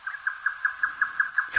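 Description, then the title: Grey nightjar song: fast, regular chain of clucking notes at an unchanging pitch, ending with a sharp click or knock right at the close. Recorded at Zao, Japan. "蔵王のヨタカ"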